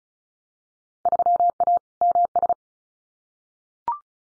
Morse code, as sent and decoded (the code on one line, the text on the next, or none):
...-- .- / -- ...
3A MS